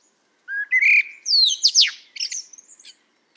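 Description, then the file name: Common blackbird song: low mellow whistles leading into thin, sliding high squeaks and a quick twittered ending. "Turdus merula"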